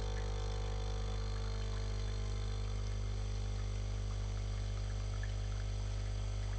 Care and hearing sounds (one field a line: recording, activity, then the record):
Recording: daily activity, microphone in the room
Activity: make coffee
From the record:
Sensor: 4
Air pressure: 1002.9 hPa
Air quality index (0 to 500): 247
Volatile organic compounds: 20 ppm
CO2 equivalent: 2689 ppm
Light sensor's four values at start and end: 4/10/4/4 and 4/10/4/4